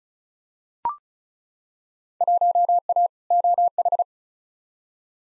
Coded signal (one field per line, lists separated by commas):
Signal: Morse code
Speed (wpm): 36 wpm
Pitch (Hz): 700 Hz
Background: none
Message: 1A OH